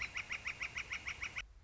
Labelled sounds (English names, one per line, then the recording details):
Northern Flicker
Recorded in Sonoma County, California